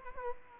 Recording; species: mosquito wingbeat signal from an infrared sensor; Culex quinquefasciatus